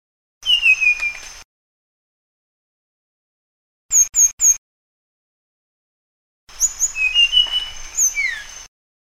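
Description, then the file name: Sunda blue flycatcher song: three bursts of thin, high whistled notes, some sliding downward, with the short middle burst made of three sharp chips and silent gaps between. "suara burung sikatan sunda. omkicau"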